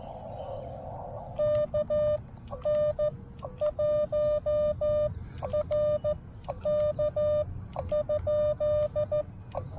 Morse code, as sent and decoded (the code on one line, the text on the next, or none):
-.- / -. / .---- / .-. / -.- / ..--..
K N 1 R K ?